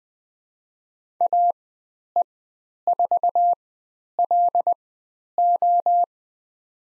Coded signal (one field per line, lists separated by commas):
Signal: Morse code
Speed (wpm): 20 wpm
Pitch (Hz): 700 Hz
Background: none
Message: AE4LO